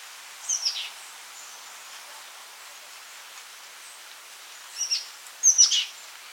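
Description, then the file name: Oak titmouse calls: short scratchy high bursts, one early and two close together near the end, separated by quiet hiss. "Baeolophus inornatus - Oak Titmouse"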